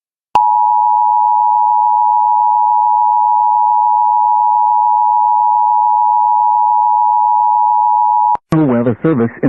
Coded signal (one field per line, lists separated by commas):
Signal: Emergency Alert System (SAME) tones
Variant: 853 and 960 Hz attention tone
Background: speech